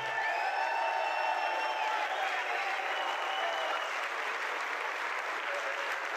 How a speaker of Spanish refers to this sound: Que no pare el aplauso.